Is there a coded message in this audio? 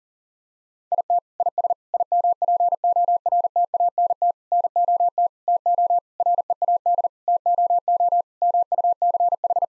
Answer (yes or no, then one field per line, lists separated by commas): yes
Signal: Morse code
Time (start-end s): 0.9-9.6 s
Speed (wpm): 40 wpm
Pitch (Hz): 700 Hz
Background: none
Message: IT IS IMPORTANT NOT TO READ TOO MUCH